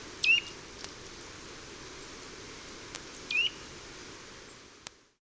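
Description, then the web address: Bird giving two brief rising chirps three seconds apart, with a few sharp clicks and constant low background hiss. "aves"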